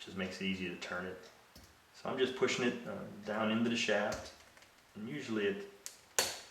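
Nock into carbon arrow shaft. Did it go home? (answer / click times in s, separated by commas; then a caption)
yes / 6.2 s. A plastic nock is pushed down into the end of a carbon arrow shaft while someone talks. A sharp snap at 6.2 seconds marks the nock seating in the shaft.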